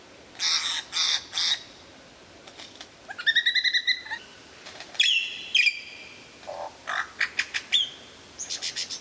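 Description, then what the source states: White-rumped Shama: songbird giving harsh rasping bursts mixed with stacked ringing notes and quick chip series, in a varied irregular sequence. Described as the best murai batu of 2014, used for mastering (song training).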